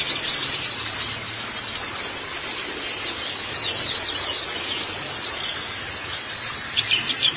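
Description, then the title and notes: White-eye twittering: steady high chirps pour out without pause, quick notes overlapping over a faint background hiss. "Kicauan Burung Pleci Durasi Panjang. Suara kicauan burung pleci"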